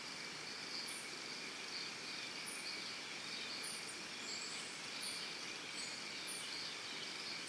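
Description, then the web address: Cricket chirping holds a steady, high, even tone, while brief piercing high notes repeat every second or so. Early morning in a Costa Rica forest. "Big Room Sound Birds Crickets Costa Rica Early Morning"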